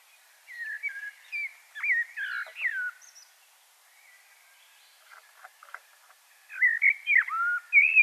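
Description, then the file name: Common blackbird song: soft fluted notes and slurred whistles, a quieter passage in the middle, then a richer warbled phrase at the end. "Turdus merula"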